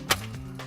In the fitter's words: channel lock that into place